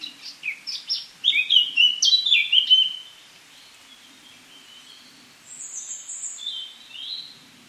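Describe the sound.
Eurasian Blackcap song, a quick warble that grows louder before stopping, with a softer high phrase returning after a few seconds.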